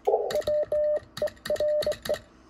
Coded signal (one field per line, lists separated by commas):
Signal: Morse code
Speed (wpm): 20 wpm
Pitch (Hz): 600 Hz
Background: none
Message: WERE